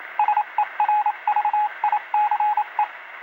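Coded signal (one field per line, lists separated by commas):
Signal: Morse code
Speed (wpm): 27 wpm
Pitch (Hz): 840 Hz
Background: radio noise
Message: SERVICE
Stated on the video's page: Walkie-talkie sound effect of Morse code received over a walkie-talkie.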